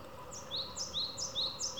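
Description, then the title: Japanese tit song, a two-note high phrase, a short high note dropping to a lower one, repeated about four times in quick rhythm. Tsu-pee tsu-pee song; partway through, the tone and rhythm of the voice change subtly. "シジュウカラのつーぴーつーぴーを聞くだけ"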